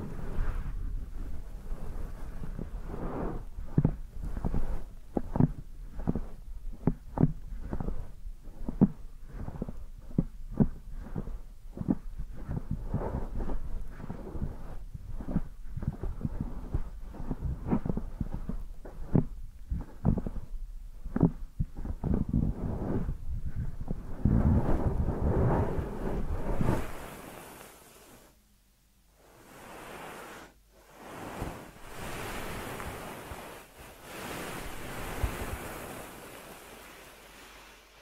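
An ear massage: dense, rapid soft thumps and rubbing, low and muffled, repeating irregularly for the first twenty-seven seconds. After that the rubbing turns into lighter, airy brushing sweeps with brief silent gaps, quieter and brighter, and then the sweeping returns near the end.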